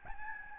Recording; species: mosquito wingbeat signal from an infrared sensor; Aedes albopictus